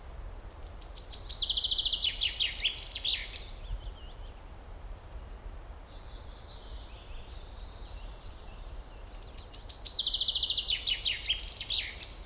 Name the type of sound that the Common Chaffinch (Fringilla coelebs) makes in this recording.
song